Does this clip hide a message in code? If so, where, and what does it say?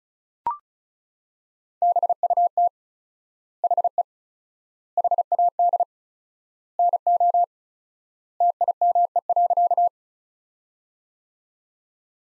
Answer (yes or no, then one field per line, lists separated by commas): yes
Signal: Morse code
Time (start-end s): 1.8-9.9 s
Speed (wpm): 36 wpm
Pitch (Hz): 700 Hz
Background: none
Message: BUT HE HAD NO TIME.